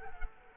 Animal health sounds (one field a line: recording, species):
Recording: mosquito wingbeat signal from an infrared sensor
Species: Culex quinquefasciatus